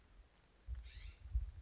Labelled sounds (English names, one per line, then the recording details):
California Scrub-Jay
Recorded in Sonoma County, California